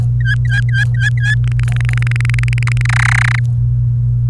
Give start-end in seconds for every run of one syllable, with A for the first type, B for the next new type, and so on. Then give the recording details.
0.20-1.34 A, 1.44-2.81 B, 2.85-3.39 C. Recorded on 28 April 2018 at 09:29. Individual llb3